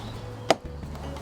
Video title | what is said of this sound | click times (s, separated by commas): BEST FLYMO on AMAZON? Why Hover Vac 270 is perfect for lighter mowing! | There you go, it's more of a clunk so | 0.5 s